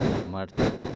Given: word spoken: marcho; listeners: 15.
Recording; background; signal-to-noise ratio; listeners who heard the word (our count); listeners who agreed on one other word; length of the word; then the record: one Spanish word in noise, from a listening test; noise modulated by one talker; -7.8 dB; 0 of 15; 8 of 15; 0.56 s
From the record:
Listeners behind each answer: 8, 4, 2, 1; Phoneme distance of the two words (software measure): 10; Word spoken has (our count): 2 syllables, 5 phonemes, stress on syllable 1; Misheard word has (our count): 2 syllables, 5 phonemes, stress on syllable 1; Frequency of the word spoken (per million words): 0.97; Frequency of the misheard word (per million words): 120.78